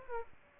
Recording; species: mosquito wingbeat signal from an infrared sensor; Aedes aegypti